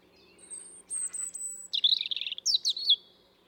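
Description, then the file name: European robin song: thin, very high drawn-out whistles, then a rapid tumbling trill and quick sliding twittered notes, clear and dominant. "Erithacus rubecula"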